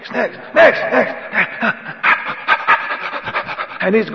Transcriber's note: huffs and puffs